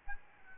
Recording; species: mosquito wingbeat signal from an infrared sensor; Aedes albopictus